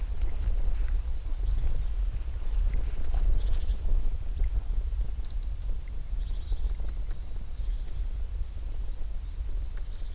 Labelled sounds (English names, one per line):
European Robin call